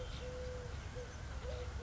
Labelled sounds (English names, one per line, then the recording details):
Eurasian Collared Dove
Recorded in Sonoma County, California